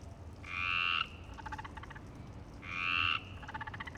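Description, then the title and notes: Frogs croaking: two loud harsh croaks about two seconds apart, each followed by a fainter rapid clicking rattle. Frogs at Parc Longchamp, Marseille, Provence-Alpes-Côte d'Azur, France; 26 March 2011 at 19:35; recorded with a MixPre-6 and Basic UCHO. "Marseille, Provence-Alpes-Côte d'Azur, France - 26_03_11_19_35 Longchamps_004 grenouilles. Grenouilles au parc de Longchamp MIXPRE 6 + BASIC UCHO"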